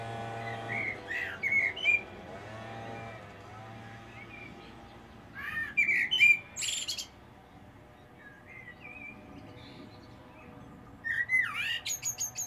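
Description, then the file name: Common blackbird singing three separate fluted phrases with thin, squeaky high notes, separated by long quiet gaps, over a low steady hum. "Turdus merula"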